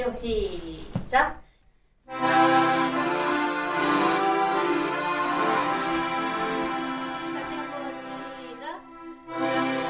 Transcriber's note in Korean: 녹취: 수업 현장음